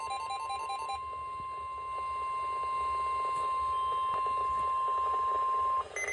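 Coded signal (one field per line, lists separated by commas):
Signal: Emergency Alert System (SAME) tones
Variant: 1050 Hz attention tone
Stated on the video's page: Severe thunderstorm alerts received on 91.3 FM.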